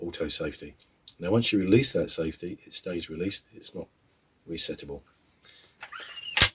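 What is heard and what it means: Someone talks, then after a short pause comes soft handling of a Weihrauch HW77k Mk1/Mk2 spring-piston air rifle as its metal underlever is swung back up. At 6.4 s a loud, sharp snap is heard as the underlever locks home into its retaining latch under the barrel. The lever is back up and ready, having taken hardly any effort to close.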